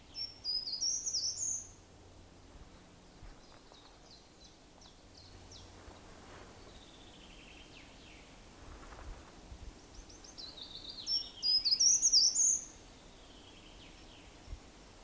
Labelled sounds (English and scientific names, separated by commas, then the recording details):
Short-toed Treecreeper (Certhia brachydactyla) song
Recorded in the wild
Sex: male
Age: adult
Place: Waldsieversdorf, Rotes Luch, Brandenburg, DE
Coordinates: 52.5339, 14.0458
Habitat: woods
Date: 1992-04-30 13:47
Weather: fair - sunny
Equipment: Aiwa HD-S1, Sennheiser ME 80, Hochpass 1000 Hz
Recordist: Frommolt, Karl-Heinz
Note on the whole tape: Am Ortseingang von Waldsieversdorf (Richtung Bahnhof Rotes Luch): Gesang - 18 Strophen. Gute Aufnahmequalität